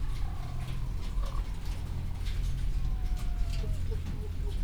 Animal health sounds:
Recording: poultry house recording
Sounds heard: healthy chickens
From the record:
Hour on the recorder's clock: 16

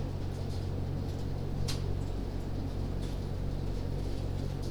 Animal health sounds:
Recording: poultry house recording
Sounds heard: no chicken sound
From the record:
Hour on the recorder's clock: 22

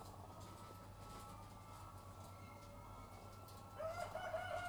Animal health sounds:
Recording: poultry house recording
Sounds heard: sick chickens (respiratory disease)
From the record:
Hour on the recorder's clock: 12

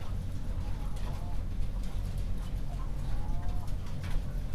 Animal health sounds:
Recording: poultry house recording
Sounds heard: healthy chickens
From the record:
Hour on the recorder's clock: 22

